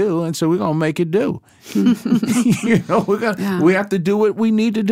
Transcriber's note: laughter